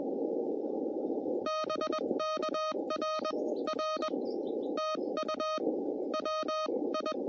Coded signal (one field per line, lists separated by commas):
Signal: Morse code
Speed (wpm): 20 wpm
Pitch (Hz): 1250 Hz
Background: none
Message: BK R R TU WI